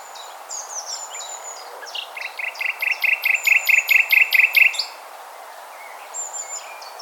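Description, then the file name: Common nightingale song: scattered high whistles, then a loud, rapid run of identical throbbing notes repeated about a dozen times, followed by quieter high phrases. Recorded at Orwell Country Park on 11 May 2017 at 14:40. "170511-1440 nightingale orwell-country-park"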